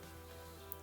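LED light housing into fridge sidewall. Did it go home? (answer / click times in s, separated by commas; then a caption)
yes / 0.7 s. An upper LED light housing is worked into a fridge's plastic liner sidewall until its side clips catch, to stop the fridge lights from flashing. Over a steady, low tonal background, a single short, sharp click sounds at 0.7 s as the housing seats.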